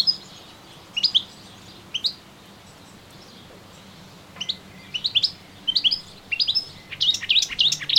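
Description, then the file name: Melodious warbler song: short bursts of high chirping notes, sparse at first, then a fast, busy, jumbled run of twittering phrases near the end. Recorded in a garden on 25 June 2017. "Orpheusspötter 2017 06 25 Garten"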